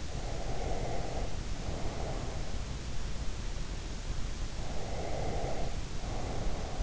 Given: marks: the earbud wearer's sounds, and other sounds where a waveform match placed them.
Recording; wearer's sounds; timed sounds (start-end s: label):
sounds in sleep by an in-ear microphone; breath
0.30-2.75 s: breath
4.69-6.82 s: breath